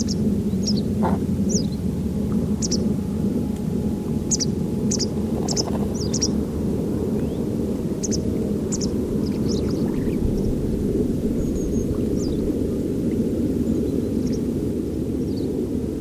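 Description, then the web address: White wagtail calls: short, sharp high chirps scattered throughout, sometimes in quick pairs, over a loud continuous low rumble and a steady hum. "Deverinetal 2025 File origin Bird Only"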